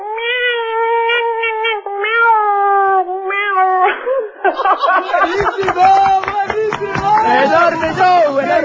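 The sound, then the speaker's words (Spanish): A caller from Marín imitates her own cat as a ringtone, holding a long, steady mid-pitched meow with brief breaks for about four seconds, then shifting into rougher, wavering cat cries mixed with noisy, overlapping voices. “Eu imitaría a miña gata.”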